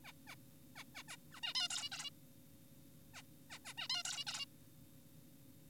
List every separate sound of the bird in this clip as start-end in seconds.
0.04-0.12, 0.28-0.36, 0.76-0.84, 0.95-1.03, 1.08-1.17, 1.32-1.40, 1.43-1.54, 1.55-1.68, 1.70-1.90, 1.92-2.10, 3.14-3.22, 3.50-3.59, 3.65-3.74, 3.78-3.88, 3.90-4.03, 4.05-4.24, 4.27-4.46